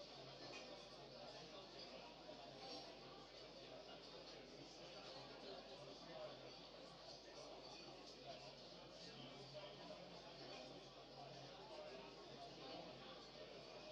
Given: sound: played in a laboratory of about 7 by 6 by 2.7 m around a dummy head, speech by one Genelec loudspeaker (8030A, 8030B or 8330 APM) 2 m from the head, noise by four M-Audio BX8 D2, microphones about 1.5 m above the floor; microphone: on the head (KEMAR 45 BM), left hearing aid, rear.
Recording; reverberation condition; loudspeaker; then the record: cafeteria noise; low; four, about 170 cm from the corners of the room and facing them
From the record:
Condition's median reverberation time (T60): about 310 ms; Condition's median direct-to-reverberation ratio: about 3.5 dB